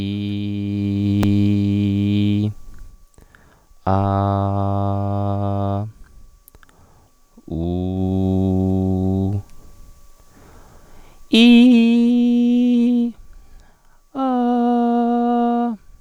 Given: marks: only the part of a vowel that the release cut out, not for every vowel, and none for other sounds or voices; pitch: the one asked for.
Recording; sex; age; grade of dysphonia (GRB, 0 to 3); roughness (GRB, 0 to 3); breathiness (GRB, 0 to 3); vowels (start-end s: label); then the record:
sustained vowels; male; 30 to 39 years; 0; 0; 0
0.00-1.20 s: vowel /i/, normal pitch
3.98-5.72 s: vowel /a/, normal pitch
7.63-9.26 s: vowel /u/, normal pitch
11.53-12.90 s: vowel /i/, high pitch
14.30-15.61 s: vowel /a/, high pitch
From the record:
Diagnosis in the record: contact pachydermia, hyperfunctional dysphonia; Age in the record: 34 years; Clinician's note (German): Kontaktpachydermie rechts